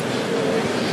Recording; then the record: background sound without coughing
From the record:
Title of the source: Office Sounds Ambience - Background Noise for Study and Work